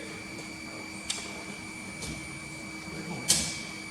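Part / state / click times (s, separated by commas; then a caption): halyard lock engaging in the mast / seated / 3.3 s. A sail is hoisted slowly over the last stretch so the halyard lock at the top of the mast can engage, since pulling too fast makes it jump out. Over a steady background hum there is a light tick at 1.1 s, then a sharper, louder click at 3.3 s as the halyard lock catches. The lock is confirmed seated in the mast.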